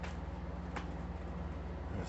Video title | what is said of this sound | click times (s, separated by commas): SAFELIFE BODY ARMOR NOT WHAT IT'S CLAIMED TO BE | snaps back in and | 0.8 s